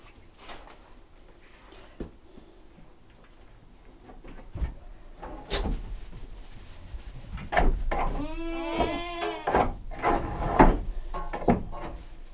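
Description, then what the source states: Domestic goat bleating: a wavering, harmonic-rich bleat among scattered knocks, rustles and shuffling sounds. Domestic goat recorded in a farmyard.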